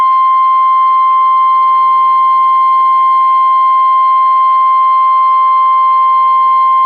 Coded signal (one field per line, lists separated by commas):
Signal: Emergency Alert System (SAME) tones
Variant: 1050 Hz attention tone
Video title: 2014-06-16 - WX9MCS 147.255 MHz SKYWARN Repeater